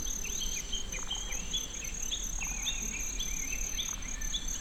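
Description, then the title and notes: Kinhibari cricket song, a continuous high metallic trill with a faint pulsing upper tone, and soft bird chirps scattered throughout. Recorded in Tsuruoka City with a ZOOM F6 and Sennheiser MKH802. "鶴岡市のキンヒバリの声"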